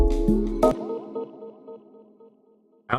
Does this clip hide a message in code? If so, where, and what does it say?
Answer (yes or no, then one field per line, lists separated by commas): no